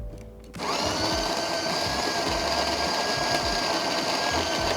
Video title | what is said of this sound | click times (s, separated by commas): La Specialista Touch Review - Smart Espresso, Small Footprint | And I'm going to hear it click by pressing it into the trigger on the back. | 0.2 s, 0.6 s